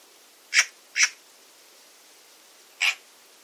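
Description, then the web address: Bird calls, three short sharp pips, two close together and a third after a long pause, over quiet hiss. "Bird Only More Classes Pi Pi Pi Pi"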